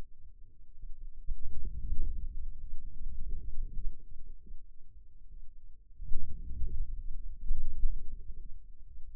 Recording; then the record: forearm muscle sounds (acoustic myography)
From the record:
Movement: outward rotation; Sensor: system 2, bracelet of six BSWA MPA416 microphones around the upper forearm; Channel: 5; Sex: male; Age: 22 years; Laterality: right